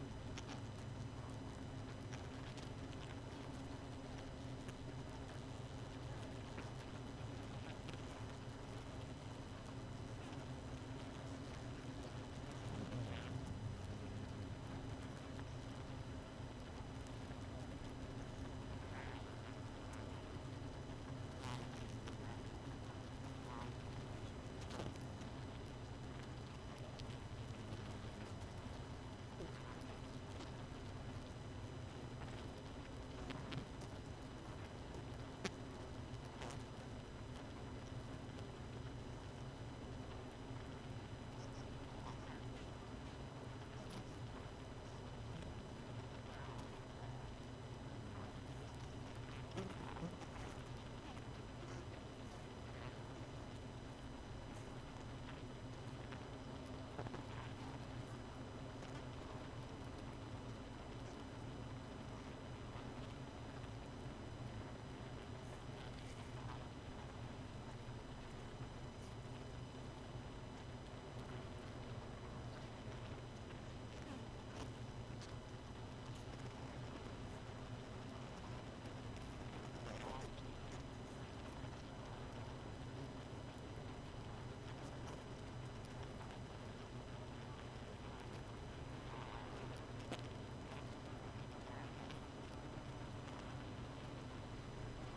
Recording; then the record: honeybee colony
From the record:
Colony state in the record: missing queen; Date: 31 May 2018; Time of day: 1:37